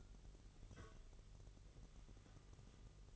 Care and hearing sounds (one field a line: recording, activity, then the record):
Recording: daily activity, microphone in the room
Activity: take from stove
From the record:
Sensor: 4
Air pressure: 989.1 hPa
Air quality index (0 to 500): 209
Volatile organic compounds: 58 ppm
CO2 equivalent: 3393 ppm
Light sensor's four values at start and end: 29/98/36/38 and 29/98/36/38